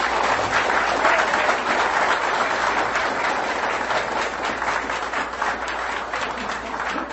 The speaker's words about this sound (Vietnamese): Xin quý vị một lần nữa một tràng pháo tay thật lớn.